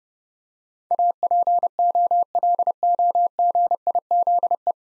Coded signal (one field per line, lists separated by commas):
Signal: Morse code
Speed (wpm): 30 wpm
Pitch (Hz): 700 Hz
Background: none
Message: APOLOGIZE